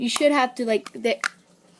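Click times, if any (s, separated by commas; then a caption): none. A plastic hamster-tube connector is handled against the universal ring of a hamster cage while someone talks. Nothing has seated or clicked yet, and the clip ends quietly just before the connector goes home.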